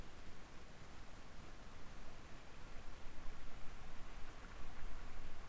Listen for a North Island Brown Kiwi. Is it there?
no